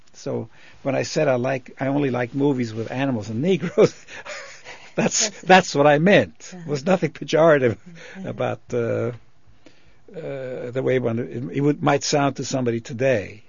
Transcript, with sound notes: So when I said I liked, I only liked movies with animals and Negroes, () ( he laughs ) that's what I meant. There was nothing pejorative about the way it might sound to somebody today.